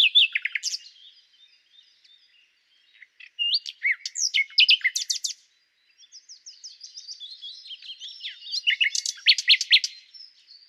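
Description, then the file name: Common nightingale song of varied rapid chirps and rattles in several phrases, with a soft buzzy stretch before a closing series of loud repeated notes. "Luscinia megarhynchos"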